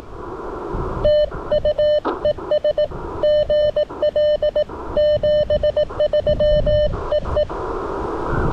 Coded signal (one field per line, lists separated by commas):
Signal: Morse code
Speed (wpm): 18 wpm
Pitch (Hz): 600 Hz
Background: none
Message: TU ES GL 73 EE